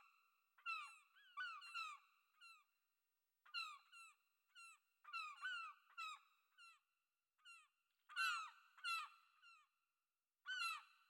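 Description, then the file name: Gull calls, repeated harsh mewing cries, often in quick doubles and triples with short pauses between. "NH Env Seagull"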